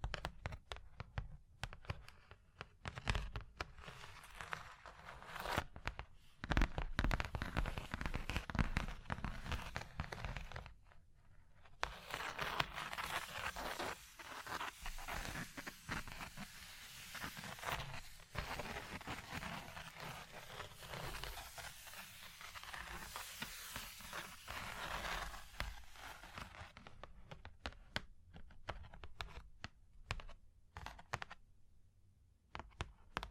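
Fingers tap, scratch and trace across a surface in a dense, continuous stream of crisp, bright clicks and rasping strokes. The scratching swells into a steadier, louder sweep from about 12 to 26 seconds, then thins back into sparser, separate taps near the end.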